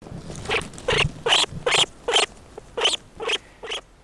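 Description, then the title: Norway lemming giving harsh, squeaky calls, about eight short bursts in four seconds at a brisk, slightly uneven pace, with a faint low rumble early on. "Viikon luontoääni: Tunturisopuli"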